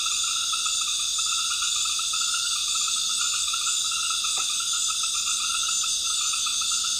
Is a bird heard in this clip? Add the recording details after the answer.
no. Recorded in dense forest near Puerto Asís, Putumayo, Colombia, on 19 February 2024 at 19:00. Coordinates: 0.502, -76.324. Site G6370